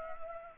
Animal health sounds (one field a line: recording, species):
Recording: mosquito wingbeat signal from an infrared sensor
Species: Culex pipiens